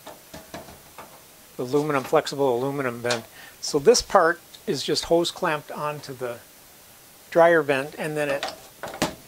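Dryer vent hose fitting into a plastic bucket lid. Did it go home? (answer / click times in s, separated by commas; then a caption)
yes / 9.0 s. Someone talks while the fitting on the end of a four-inch flexible aluminum dryer vent hose, hose-clamped onto the dryer vent, is pressed into the plastic lid of an indoor lint-trap bucket, with a few soft knocks near the start. A sharp snap at 9.0 s marks the fitting seating in the lid, where it stays removable.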